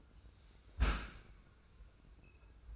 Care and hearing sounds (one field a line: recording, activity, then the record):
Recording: daily activity, microphone in the room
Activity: close dishwasher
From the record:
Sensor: 2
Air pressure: 990.3 hPa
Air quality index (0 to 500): 210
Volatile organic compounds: 1000 ppm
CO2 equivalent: 6747 ppm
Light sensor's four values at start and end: 29/69/28/28 and 29/69/28/28